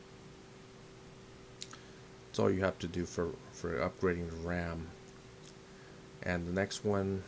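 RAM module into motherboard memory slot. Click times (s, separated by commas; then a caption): 1.6 s, 1.7 s. A DDR3 desktop memory module is pressed down with both thumbs into the motherboard memory slot of a Dell Optiplex 390. Two close clicks at 1.6 s and 1.7 s are heard as the white retention tabs close and the module seats in place. Someone then talks.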